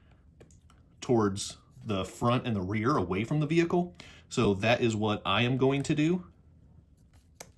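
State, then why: Seated. Someone talks while a plastic track assembly is pushed over the axle of a micro RC crawler. A sharp snap at 7.4 s marks the track unit clicking onto the axle and seating in place.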